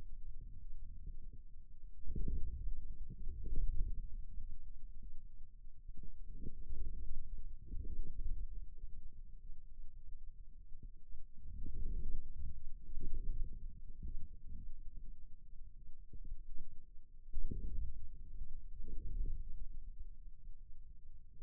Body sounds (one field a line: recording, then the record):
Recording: forearm muscle sounds (acoustic myography)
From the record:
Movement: inward rotation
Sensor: system 2, bracelet of six BSWA MPA416 microphones around the upper forearm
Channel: 1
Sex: male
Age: 22 years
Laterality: right